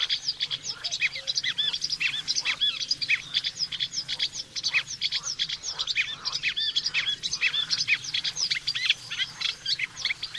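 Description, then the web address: Eurasian reed warbler song, a steady run of scratchy, chattering notes repeated in pairs and triplets without pause. "chant didier collin rousserolle effarvatte"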